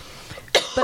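After a quiet moment, an adult woman gives a sudden sharp, airy cough, followed closely by the onset of a second one, coughing again during a radio interview. This is a brief ordinary cough, with faint room noise beforehand.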